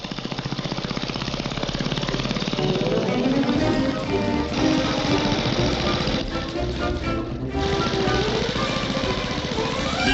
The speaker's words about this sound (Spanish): Aplanadora de vapor pequeña, motorizada.